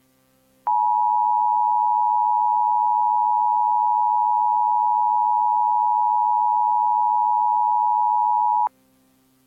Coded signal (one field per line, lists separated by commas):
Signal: Emergency Alert System (SAME) tones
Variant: 853 and 960 Hz attention tone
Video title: EAS Mock: 2002 Maryland Example Civil Emergency Message